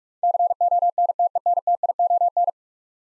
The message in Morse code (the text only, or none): CONTENTION